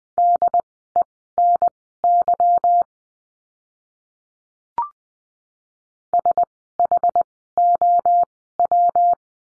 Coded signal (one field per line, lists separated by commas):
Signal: Morse code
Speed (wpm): 20 wpm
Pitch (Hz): 700 Hz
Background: none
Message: DENY SHOW